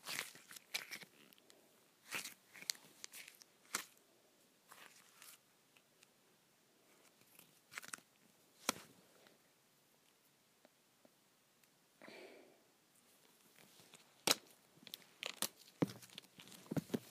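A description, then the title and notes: Putty being pulled apart gives sticky crackles and sharp snaps in irregular bursts, busiest early and late, with a quieter stretch in the middle. ASMR Pulling Apart Putty.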